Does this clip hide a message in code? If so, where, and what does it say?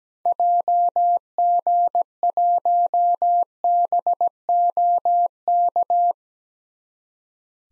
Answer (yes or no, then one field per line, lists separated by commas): yes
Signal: Morse code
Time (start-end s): 0.3-6.1 s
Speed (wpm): 17 wpm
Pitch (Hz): 700 Hz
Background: none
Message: JG1BOK